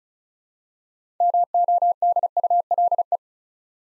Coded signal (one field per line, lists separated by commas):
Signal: Morse code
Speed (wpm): 36 wpm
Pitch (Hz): 700 Hz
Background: none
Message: MODULE